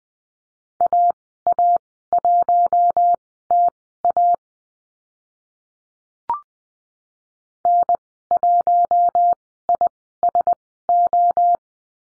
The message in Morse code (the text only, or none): AA1TA N1ISO